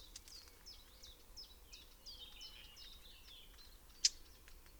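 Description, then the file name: Common whitethroat song, a fast scratchy warble of short chattering notes running for about three seconds, followed by a sharp click, over low background hiss. "Grasmus Sylvia communis"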